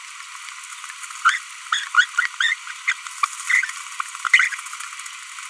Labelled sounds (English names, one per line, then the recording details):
Green-rumped Parrotlet babbling
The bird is a female
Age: 25 days
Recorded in a nest box in Venezuela
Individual 17B42B1